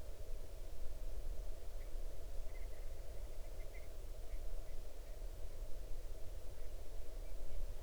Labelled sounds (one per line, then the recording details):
grouse or ptarmigan
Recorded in the Arctic National Wildlife Refuge, Alaska, on 8 June 2019 at 00:19
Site 40